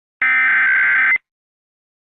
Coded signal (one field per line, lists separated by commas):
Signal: Emergency Alert System (SAME) tones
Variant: header bursts